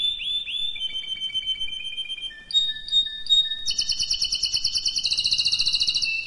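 Canary song that opens with sweeping whistles, moves to a steady whistled run, then ends in a rapid rolling trill.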